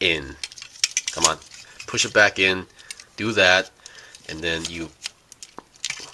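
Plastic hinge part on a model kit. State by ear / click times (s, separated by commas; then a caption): seated / 5.9 s. Someone talks while handling a plastic hinge part on a model kit, unhinging it, flipping it about 90 degrees and pushing it back in. After several small plastic taps and clicks, it snaps and locks into place at 5.9 s.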